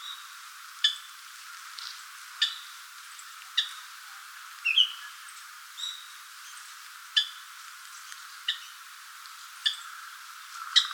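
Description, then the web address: Japanese grosbeak giving short, sharp clicking call notes, repeated irregularly about every one to two seconds. "birdenaga ikaru"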